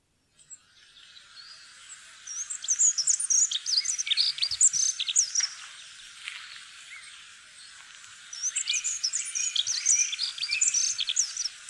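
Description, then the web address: Dunnock song: a fast, thin, scratchy warble runs for several seconds, pauses briefly, then comes back as another hurried jingling phrase. "fuglelyder jernspurv"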